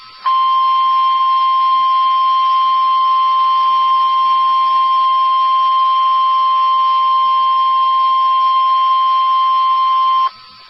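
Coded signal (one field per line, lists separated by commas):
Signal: Emergency Alert System (SAME) tones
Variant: 1050 Hz attention tone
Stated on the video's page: Captured from an internet stream.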